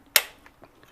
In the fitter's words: Then I'm going to take the screwdriver and just make it wider. And you'll hear it click.